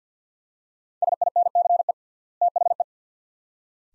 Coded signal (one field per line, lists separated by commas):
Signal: Morse code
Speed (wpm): 50 wpm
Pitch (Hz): 700 Hz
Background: none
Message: SINCE THE